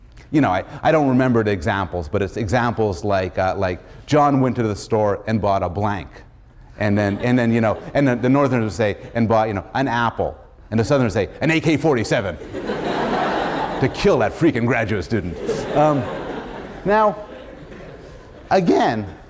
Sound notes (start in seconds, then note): 12.4 laughter; 15.2 laughter